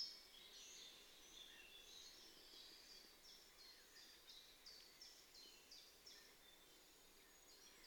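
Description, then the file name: Eurasian blackcap giving faint, short ticking notes in a quick series over a steady high-pitched hiss. "Sylvia atricapilla"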